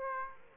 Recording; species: mosquito wingbeat signal from an infrared sensor; Aedes aegypti